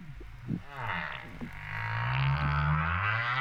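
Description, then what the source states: Humpback whale moans: deep, low, buzzing tones that build and rise slightly, layered with a rough, harmonic upper wail that grows steadily louder. Recorded off Réunion on 13 September 2011 at 08:35:04.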